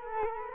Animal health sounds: mosquito wingbeat signal from an infrared sensor; Culex quinquefasciatus

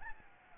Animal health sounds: mosquito wingbeat signal from an infrared sensor; Aedes albopictus

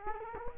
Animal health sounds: mosquito wingbeat signal from an infrared sensor; Culex quinquefasciatus

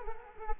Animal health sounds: mosquito wingbeat signal from an infrared sensor; Culex quinquefasciatus

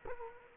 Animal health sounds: mosquito wingbeat signal from an infrared sensor; Culex quinquefasciatus

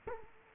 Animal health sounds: mosquito wingbeat signal from an infrared sensor; Culex quinquefasciatus

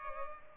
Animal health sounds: mosquito wingbeat signal from an infrared sensor; Culex pipiens

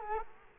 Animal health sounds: mosquito wingbeat signal from an infrared sensor; Culex quinquefasciatus

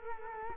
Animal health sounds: mosquito wingbeat signal from an infrared sensor; Culex quinquefasciatus

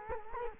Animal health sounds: mosquito wingbeat signal from an infrared sensor; Culex quinquefasciatus

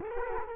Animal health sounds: mosquito wingbeat signal from an infrared sensor; Culex quinquefasciatus

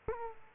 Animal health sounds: mosquito wingbeat signal from an infrared sensor; Culex quinquefasciatus

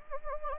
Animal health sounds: mosquito wingbeat signal from an infrared sensor; Anopheles gambiae

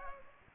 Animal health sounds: mosquito wingbeat signal from an infrared sensor; Culex pipiens

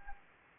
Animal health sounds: mosquito wingbeat signal from an infrared sensor; Anopheles gambiae

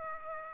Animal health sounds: mosquito wingbeat signal from an infrared sensor; Aedes aegypti

